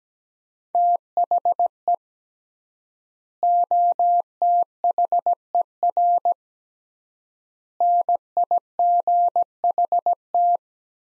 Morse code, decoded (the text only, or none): THE OTHER NIGHT